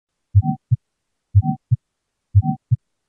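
Three regular heartbeats at about 60 a minute in an adult, heard by stethoscope, each first sound followed by a short systolic murmur carrying a pure, whistling musical tone before the second sound. This is the musical murmur of aortic sclerosis, a stiffened but unobstructed aortic valve.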